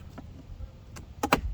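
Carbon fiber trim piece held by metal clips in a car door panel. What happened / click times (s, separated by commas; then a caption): The trim clips popped loose when pried / 1.2 s, 1.3 s. A carbon fiber door panel trim piece on a Cadillac ATS-V / CTS-V car door is pried back from the door panel, and its metal retaining clips pop loose. After a faint tick near 0.2 s, two sharp snaps ring out at 1.2 s and 1.3 s as the clips release and the trim comes free.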